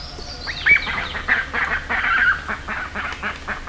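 Bird calls, a sliding whistled note opening into several rough, overlapping calls that come in short bursts.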